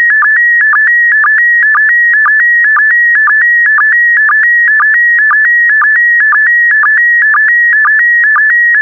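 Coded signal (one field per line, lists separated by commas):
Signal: SSTV (slow-scan television)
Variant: PD120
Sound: steady high warbling tone with short low blips repeating about twice a second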